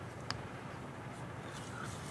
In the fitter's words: you can often hear a click as the base seats into place